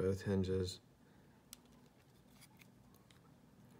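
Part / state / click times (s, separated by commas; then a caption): hinge clips into handheld console shell / seated / 1.5 s. Someone talks briefly, then a hinge is pressed into a replacement plastic Super Famicom–style housing for a Game Boy SP AGS-101 handheld console. A sharp click at 1.5 s is the small internal locking clips on each side catching, seating the hinge and holding it in place, followed by a few fainter ticks of handling.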